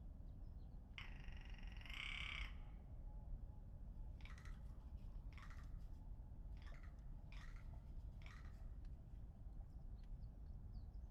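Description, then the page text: Rock ptarmigan with one long grating croak followed by a string of shorter rattling notes, against a low rumbling background. Curious rock ptarmigan recorded in Iceland on 13 April 2019 with a Lewitt LCT540s microphone. "Lewitt LCT540s and the curious Rock Ptarmigan. HLJÓÐMYND - SOUNDIMAGE"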